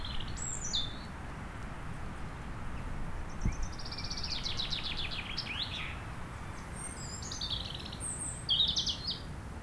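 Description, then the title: European robin song: high, thin warbled phrases with quick trills and sliding notes, broken by short pauses, over a steady low rumble of wind. Chindrieux, France; sunny sloping lawn at Châtillon beach, sheltered from the north wind; robin singing not far away; wind rumbling in the trees. "Chem. des Rubellines, Chindrieux, France - rouge gorge"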